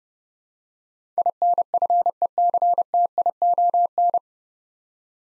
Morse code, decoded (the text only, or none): INFECTION